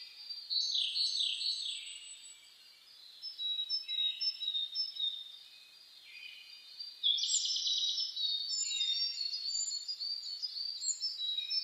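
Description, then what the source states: Many birds singing at once, rapid chirps and descending whistled sweeps, swelling into a fuller, louder chorus in the second half. Dawn chorus (reimei) of birdsong (saezuri), recorded 10 May 2010.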